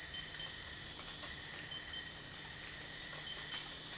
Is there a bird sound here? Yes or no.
no